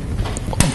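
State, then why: Torque reached. A torque wrench set to the specified figure tightens the timing (camshaft) sprocket retaining bolt on a Triumph Stag engine, while a hex wrench holds the retaining plate bolt steady. After a few faint ticks, the wrench gives a sharp, loud click at 0.6 s, showing it has reached its setting.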